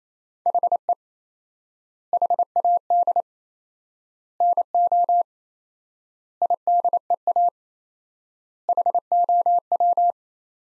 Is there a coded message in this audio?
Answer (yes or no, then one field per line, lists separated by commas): yes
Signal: Morse code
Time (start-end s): 0.5-10.1 s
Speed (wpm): 28 wpm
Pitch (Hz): 700 Hz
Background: none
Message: HE HAD NO IDEA HOW